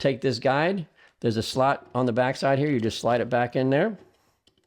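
A plastic knife sharpening angle guide is being slid back into a slot on the back of a Work Sharp Knife & Tool Power Sharpener, a powered belt sharpener, while someone talks. Two faint ticks follow the speech near 4.5 s and 4.6 s. The guide has not clicked or seated yet.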